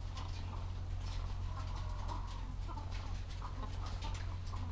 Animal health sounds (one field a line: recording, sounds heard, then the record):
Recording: poultry house recording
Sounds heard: sick chickens (respiratory disease)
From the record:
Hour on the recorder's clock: 13